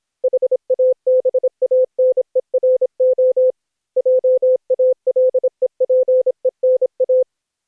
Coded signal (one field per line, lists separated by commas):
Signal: Morse code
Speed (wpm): 26 wpm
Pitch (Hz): 510 Hz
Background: none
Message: HABANERO JALEPENA